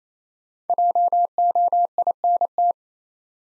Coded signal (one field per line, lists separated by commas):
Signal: Morse code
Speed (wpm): 27 wpm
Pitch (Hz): 700 Hz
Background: none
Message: JOINT